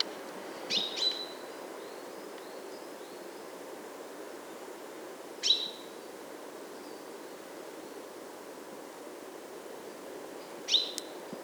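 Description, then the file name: Common chaffinch calls: short, sharp, high notes in three bursts about five seconds apart, over a steady soft background hiss. "Fringilla coelebs"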